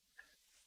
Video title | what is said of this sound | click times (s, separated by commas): Removing M.2 and Installing M.2 | once you have it lined up apply slight pressure before you hear an audible click | 0.2 s